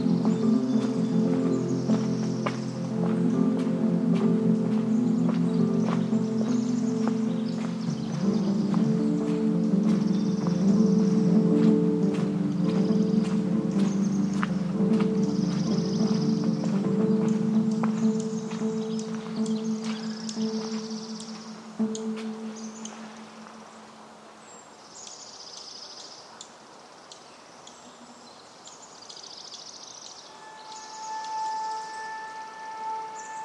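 Forest Park ambience: a steady low droning hum fills the first twenty seconds, then fades away, leaving a much quieter scene. Scattered crackles and twig snaps sound throughout, birds chirp repeatedly, and a sustained whistling tone appears near the end.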